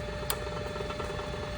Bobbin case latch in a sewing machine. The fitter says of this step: So, if I put it horizontal, you're going to hear the click,